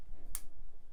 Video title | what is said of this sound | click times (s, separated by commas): AUDIO INTERFACE Settings / Focusrite Interface | you want to do it until it clicks and it goes like that | 0.4 s